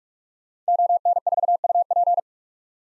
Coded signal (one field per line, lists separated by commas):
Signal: Morse code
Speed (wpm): 42 wpm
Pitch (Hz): 700 Hz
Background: none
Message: ON4UP